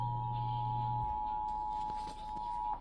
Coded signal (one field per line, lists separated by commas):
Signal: Emergency Alert System (SAME) tones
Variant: 853 and 960 Hz attention tone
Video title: Eas Rmt on KUHF 88.7fm and KXTH 20.1 and Ksev 700am and a Toa on KRIV 26.1 Eas#1021- 1024